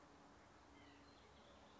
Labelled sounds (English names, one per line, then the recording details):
White-breasted Nuthatch
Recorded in Sonoma County, California